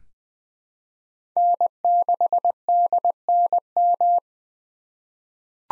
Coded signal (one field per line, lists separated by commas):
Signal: Morse code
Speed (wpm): 20 wpm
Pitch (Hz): 700 Hz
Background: none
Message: N6DNM